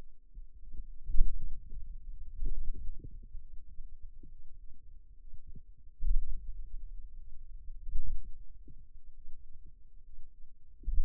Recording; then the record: forearm muscle sounds (acoustic myography)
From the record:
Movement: pen grasping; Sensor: system 2, bracelet of six BSWA MPA416 microphones around the upper forearm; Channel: 5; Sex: male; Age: 22 years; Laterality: right